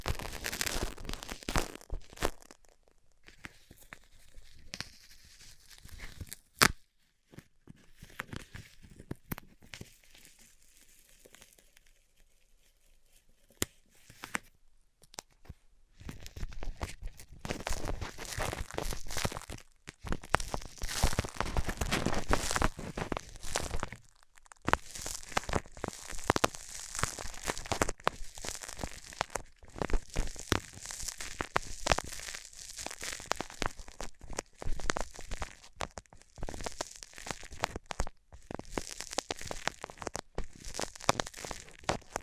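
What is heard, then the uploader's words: A band-aid is ripped off with dense, crackly tearing and crinkling bursts. The first fifteen seconds are sparser, with scattered clicks and a sharp snap near seven seconds, then a lull before the tearing grows steady, bright and busy through to the end. ASMR Ripping Off the Band Aid (No Talking).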